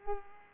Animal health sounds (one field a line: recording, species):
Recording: mosquito wingbeat signal from an infrared sensor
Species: Culex pipiens